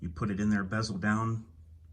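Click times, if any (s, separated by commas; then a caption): none. A Nitecore P20ix flashlight is handled bezel-down at the cutout of a plastic belt holder while someone talks. Nothing has seated or clicked yet.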